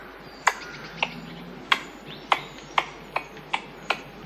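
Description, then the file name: Red squirrel calls: sharp, dry clicking notes given at uneven intervals of roughly half a second, eight in all, over a low background hiss. "Golosa ptic i zverei - Belka"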